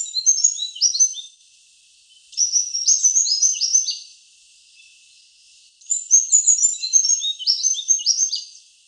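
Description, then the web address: Rufous fantail calling in three bursts of thin, squeaky, high twittering notes, each phrase stepping downward and lasting one to three seconds, separated by short pauses. Heard in a garden in Canberra. "canberra-garden-birds fantails rufous-fantail"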